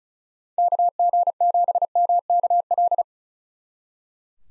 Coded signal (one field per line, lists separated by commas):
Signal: Morse code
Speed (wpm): 47 wpm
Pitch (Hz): 700 Hz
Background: none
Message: KG7MKL